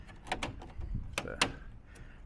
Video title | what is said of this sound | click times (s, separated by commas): Chrome Grille for Chevy Silverado installed by Chris from C&H Auto Accessories | now there's a little noise right there sounds pretty good | 1.2 s, 1.4 s